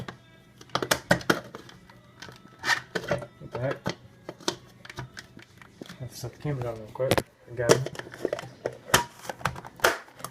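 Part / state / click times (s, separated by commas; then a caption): blender jar into blender motor base / seated / 9.8 s. A lidded plastic blender jar is fitted onto its motor base amid handling clatter and knocks while someone talks. The jar clicks into place and locks at 9.9 s, showing it is seated and ready to blend.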